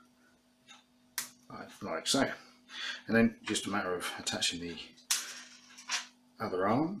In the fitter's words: will snap in place when you push on the cup like